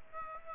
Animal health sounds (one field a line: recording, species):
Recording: mosquito wingbeat signal from an infrared sensor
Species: Aedes aegypti